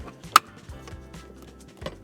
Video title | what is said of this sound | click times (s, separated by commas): How to Install an EcoFlow 800W Alternator Charger in Your RV： Step by Step Guide | till it snaps in place | 0.4 s